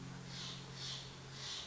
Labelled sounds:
Steller's Jay
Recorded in Sonoma County, California

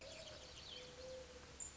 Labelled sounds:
Mourning Dove
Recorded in Sonoma County, California

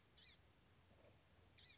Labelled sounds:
Blue-gray Gnatcatcher
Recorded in Sonoma County, California

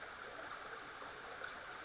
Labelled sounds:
Western Flycatcher
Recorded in Sonoma County, California

